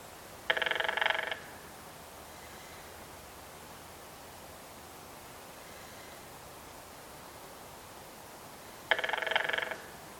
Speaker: The drumming of red-headed woodpeckers includes a two-part hammering sound, a staccato roll similar to the downy woodpeckers, with one-second bursts of 19 to 25 beats per second, repeated 2 to 3 times.